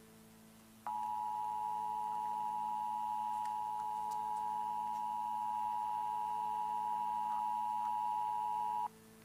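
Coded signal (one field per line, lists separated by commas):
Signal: Emergency Alert System (SAME) tones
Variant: 853 and 960 Hz attention tone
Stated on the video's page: Fictional EAS short.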